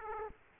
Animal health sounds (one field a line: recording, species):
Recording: mosquito wingbeat signal from an infrared sensor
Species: Aedes aegypti